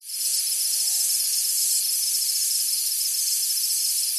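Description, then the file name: Insects in a dense night chorus, a continuous high shimmering hiss with fast pulsing trills, steady throughout without pause. Insects on a tropical summer night. "zapsplat animals insects night summer tropical eq layer for low level background"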